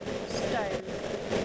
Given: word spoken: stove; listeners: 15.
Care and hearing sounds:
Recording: one English word in noise, from a listening test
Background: noise modulated by three-talker babble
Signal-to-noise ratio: -4.7 dB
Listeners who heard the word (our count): 2 of 15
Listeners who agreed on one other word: 10 of 15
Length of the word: 1.05 s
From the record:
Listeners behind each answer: 10, 2, 1, 1, 1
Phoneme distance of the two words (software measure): 10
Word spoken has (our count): 1 syllable, 4 phonemes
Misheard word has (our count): 1 syllable, 4 phonemes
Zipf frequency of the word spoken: 3.67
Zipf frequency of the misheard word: 4.84

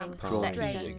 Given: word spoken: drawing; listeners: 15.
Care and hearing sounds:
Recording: one English word in noise, from a listening test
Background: four-talker babble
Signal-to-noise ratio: -1.2 dB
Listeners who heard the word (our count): 1 of 15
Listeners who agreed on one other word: 6 of 15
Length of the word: 0.59 s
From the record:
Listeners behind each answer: 6, 1, 1, 1, 1, 1, 1, 1, 1, 1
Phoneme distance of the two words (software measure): 44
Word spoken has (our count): 2 syllables, 5 phonemes, stress on syllable 1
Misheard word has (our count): 1 syllable, 3 phonemes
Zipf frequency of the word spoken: 4.47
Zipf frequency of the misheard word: 5.14

